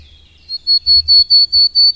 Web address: Madardalok - Kormosfejű cinege